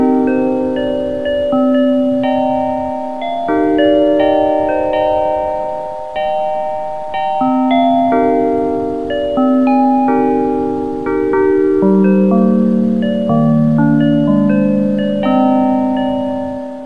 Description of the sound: Widex ZEN Melodie Aqua. Widex tinnitus therapy.